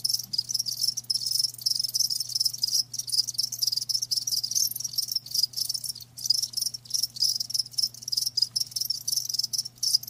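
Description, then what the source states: Continuous shrill cricket chorus, many overlapping high pulsing chirps with only brief dips, over a faint low hum. Crickets chirping; a lulling song offered to help you fall asleep.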